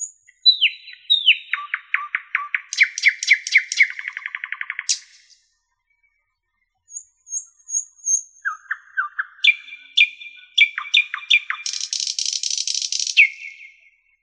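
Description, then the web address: Nightingale singing varied phrases of rapidly repeated notes and chirps, a brief pause, then more phrases of sharp notes ending in a fast buzzy trill. "spiew ptakow piesn slowika"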